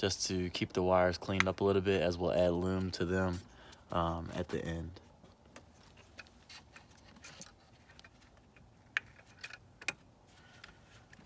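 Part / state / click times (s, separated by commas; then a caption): ignition coil plug boot onto spark plug in engine cylinder head / seated / 9.0 s. Someone talks for about the first five seconds, then quiet handling follows with small ticks as an ignition kit's plug boot, the rubber/plastic cap on the coil wire, is pushed down over a spark plug in a BMW N54 engine's cylinder head. A sharp snap at 9.0 s marks the boot seating onto the spark plug, with a softer tick shortly after.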